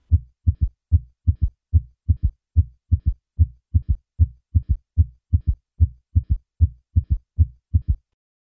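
Adult heart heard by stethoscope at the apex, beating regularly at about 74 per minute, with a third heart sound (S3): a faint low-pitched extra sound just after the second heart sound in each cycle.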